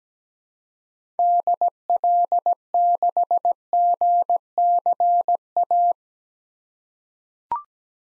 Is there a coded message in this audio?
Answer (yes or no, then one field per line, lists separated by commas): yes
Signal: Morse code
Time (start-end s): 1.2-5.9 s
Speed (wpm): 17 wpm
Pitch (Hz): 700 Hz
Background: none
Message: DL6GCA